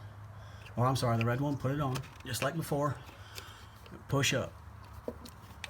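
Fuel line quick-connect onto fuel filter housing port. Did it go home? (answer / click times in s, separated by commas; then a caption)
yes / 5.6 s. On a 2017-2019 Ford F-250 with the 6.7 Power Stroke, the red fuel line quick-connect is pushed up onto the fitting of the new fuel filter housing while someone talks. A few small ticks sound near 3.4, 3.9, 5.1 and 5.3 seconds. A sharp snap at 5.6 seconds marks the connector seating on the filter.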